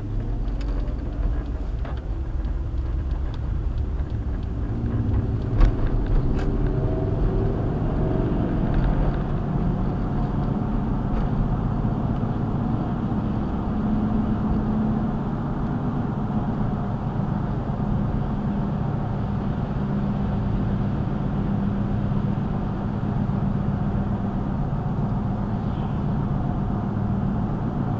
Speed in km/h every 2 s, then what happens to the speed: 23, 29, 39, 52, 64, 69, 72, 72, 69, 68, 68, 66, 68, 68.
0-12 speeds up to 72. 12-22 slows to 66. 22-28 steady at about 68.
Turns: 0-6.